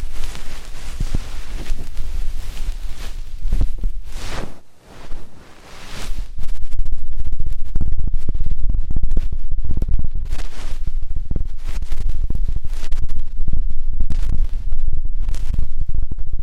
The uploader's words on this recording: ASMR INTENSE Deep Ear Cleaning (No Talking).